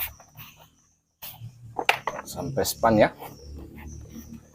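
A Philips blender's plastic housing cover is pressed back onto its base after the switch that didn't work has been fixed. Someone talks, and a sharp click at 1.9 s marks the housing snapping closed and seated.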